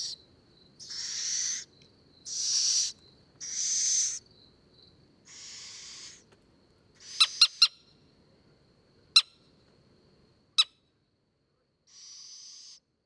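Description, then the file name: Little owl giving a series of harsh, hissing screeches under a second long, followed by a few sharp clicks and a final softer hiss. "Steenuil Athene noctua"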